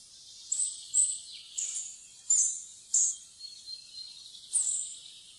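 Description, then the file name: Spotted flycatcher uttering brief, high, thin tseep notes at an irregular pace, around one or two a second, against a quiet hissy background. "graa fluesnapper"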